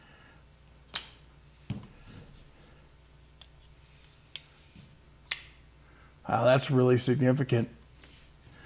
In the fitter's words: Just a really good, solid click into it.